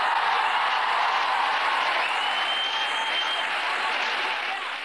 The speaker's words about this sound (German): Jubel hallte dann über den John F. Kennedy Platz, als Außenminister Hans-Dietrich Genscher die Öffnung weiterer Grenzübergänge bekannt gab.